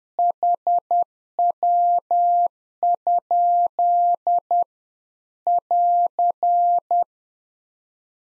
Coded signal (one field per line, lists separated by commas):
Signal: Morse code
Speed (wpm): 10 wpm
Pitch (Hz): 700 Hz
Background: none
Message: HW? <AR>